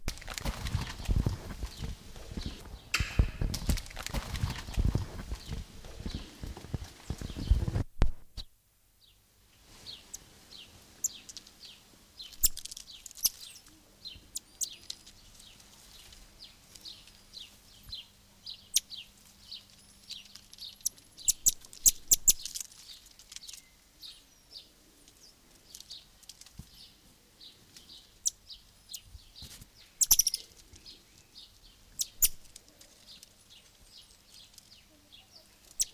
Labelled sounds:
Brown-mantled Tamarin (Saguinus fuscicollis)
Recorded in captivity
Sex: group
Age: adult
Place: Zoo Halle, Sachsen-Anhalt, DE
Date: 2002-06-17 16:30
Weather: sonnig, 27°C
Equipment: Nagra SN, Kopie Uher 4000 Report Monitor
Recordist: Tembrock, Günter

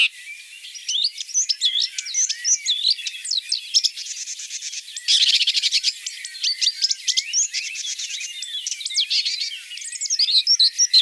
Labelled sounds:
Red-backed Shrike (Lanius collurio) song
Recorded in the wild
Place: Kaiserstuhl, Baden-Württemberg, DE
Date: 1981-05-17
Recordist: Schwarz, Dieter

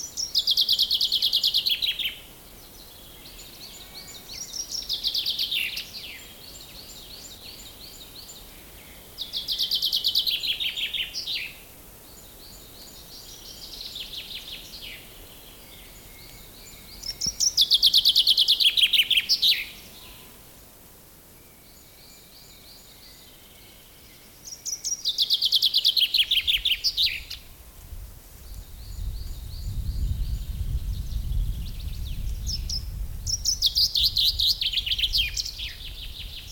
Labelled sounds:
Common Chaffinch (Fringilla coelebs)
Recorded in the wild
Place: Liebenthal, Schorfheide, Brandenburg, DE
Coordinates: 52.92, 13.46
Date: 1996-04-07 12:35
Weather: heiter, 15°C, z.T. windig
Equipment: Nagra SN, Sennheiser MKH 416 T, Kopie Uher 4000 Report Monitor
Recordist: Tembrock, Günter
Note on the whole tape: Gesang: 2 Strophentypen (sehr gut), eine Strophe stets "abgebrochen", die andere am Schluß mit Wiederholung. Danach eine Strophe und Rufe eines anderen Exemplares, darauf Gesang (2 Strophentypen)

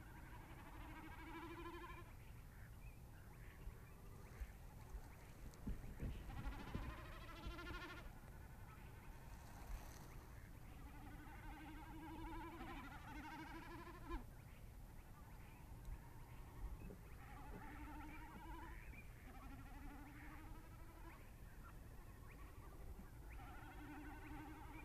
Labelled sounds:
Common Snipe (Gallinago gallinago) bleating
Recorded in the wild
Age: adult
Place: Schwedt/Oder, Nationalpark Unteres Odertal, Brandenburg, DE
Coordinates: 53.139, 14.3631
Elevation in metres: 1
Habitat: wetland
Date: 2015-04-22 21:29
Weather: clear, 6°C, almost windless
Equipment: Sound Devices 702, Sennheiser MKH 70, Rycote Windschutz
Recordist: Frommolt, Karl-Heinz

